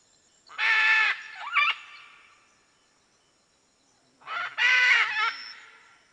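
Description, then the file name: Red-and-green macaw calls: two loud, harsh, raspy squawks about four seconds apart, each a rich buzzy burst. "Canto da Arara vermelha"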